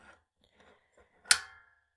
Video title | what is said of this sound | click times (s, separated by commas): Custom Buttons! Featuring We R Makers / WRMK ButtonPress | you hear that click that means it's it's locked into place the magnets have kind of held | 1.3 s